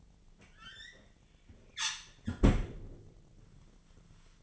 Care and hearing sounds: daily activity, microphone in the room; close fridge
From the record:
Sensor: 4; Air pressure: 1010.5 hPa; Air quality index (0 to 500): 176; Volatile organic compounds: 5 ppm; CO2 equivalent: 1792 ppm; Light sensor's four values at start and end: 26/80/31/31 and 32/95/37/37

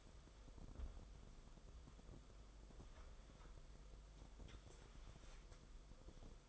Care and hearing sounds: daily activity, microphone in the room; wipe stove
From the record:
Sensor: 5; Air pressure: 994.6 hPa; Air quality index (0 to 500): 182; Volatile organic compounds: 1000 ppm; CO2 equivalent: 5338 ppm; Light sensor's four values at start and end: 42/125/50/54 and 39/115/46/50

